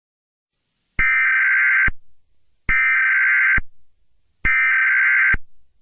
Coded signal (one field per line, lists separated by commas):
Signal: Emergency Alert System (SAME) tones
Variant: header bursts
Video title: EAS Scenario #84: Flying Toilets?